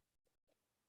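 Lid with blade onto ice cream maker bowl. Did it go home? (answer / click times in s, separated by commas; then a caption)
no / none. A plastic lid with a processing blade (the creamerizer blade) is being fitted onto an ice cream maker's bowl, heard as faint handling scrapes and two brief low knocks around 0.3 s and 0.5 s over a quiet background. Nothing has seated or clicked yet.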